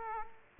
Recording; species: mosquito wingbeat signal from an infrared sensor; Aedes aegypti